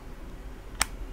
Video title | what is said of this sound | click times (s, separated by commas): Test du Zeus de GeekVape | vous avez entendu claque une | 0.8 s